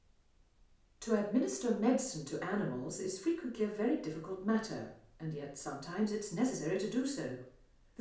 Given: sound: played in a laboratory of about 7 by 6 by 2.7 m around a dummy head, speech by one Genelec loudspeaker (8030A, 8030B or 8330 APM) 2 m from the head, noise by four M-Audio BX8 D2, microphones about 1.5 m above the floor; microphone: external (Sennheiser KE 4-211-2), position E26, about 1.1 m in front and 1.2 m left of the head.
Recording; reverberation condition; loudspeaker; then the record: female speech in English; medium; 150 degrees to the left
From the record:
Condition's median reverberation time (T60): about 510 ms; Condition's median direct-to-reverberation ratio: about -0.5 dB